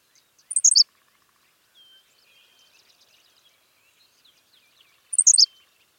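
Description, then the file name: Henslow's sparrow repeating its short, high, sneezy two-syllable song twice, roughly four and a half seconds apart, with faint twittering of another bird between. "Ammodramus henslowii - Henslow's Sparrow"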